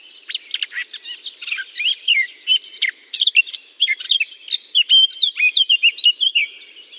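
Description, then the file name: Eurasian blackcap with a long, varied warble: scratchy twitters mixed with rich fluty whistles, delivered continuously for about seven seconds. Singing in holly. "chant de fauvette a tete noire dans houx"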